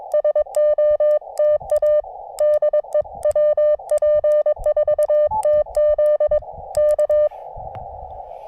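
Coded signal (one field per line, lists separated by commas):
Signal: Morse code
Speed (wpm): 20 wpm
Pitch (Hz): 600 Hz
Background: none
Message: SOTA DE WP4TZ K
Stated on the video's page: Morse code SOTA activations from two North Carolina summits along the Blue Ridge Parkway.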